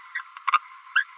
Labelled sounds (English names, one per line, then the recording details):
Green-rumped Parrotlet babbling
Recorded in a nest box in Venezuela
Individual 18B17A3